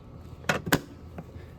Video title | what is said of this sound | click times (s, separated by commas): Poolmate Hydro 3S Robotic Pool Cleaner - Demo & Review | it'll snap back into place. | 0.7 s